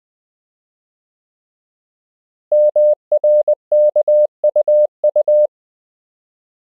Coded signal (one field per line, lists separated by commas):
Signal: Morse code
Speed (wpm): 20 wpm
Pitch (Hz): 600 Hz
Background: none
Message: MRKUU